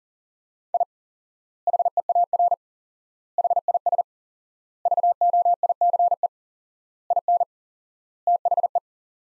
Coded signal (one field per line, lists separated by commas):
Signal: Morse code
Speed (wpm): 40 wpm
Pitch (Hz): 700 Hz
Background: none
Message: I HEAR HIS VOICE IN THE